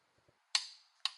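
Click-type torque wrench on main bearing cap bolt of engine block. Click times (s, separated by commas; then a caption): 0.6 s, 1.1 s. A click-type torque wrench set to 100 ft-lb, the middle of the 95 to 105 spec, is pulled on a crankshaft main bearing cap bolt in the engine block of a 1967 Lincoln. After two faint low taps, it breaks over with a sharp, bright snap at 0.6 s and again at 1.1 s, each ringing briefly. This confirms the bolt has reached the 100 ft-lb setting.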